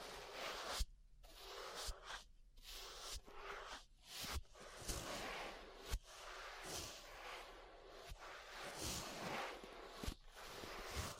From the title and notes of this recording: ASMR Relaxing 3Dio Ear Brushing (No Talking).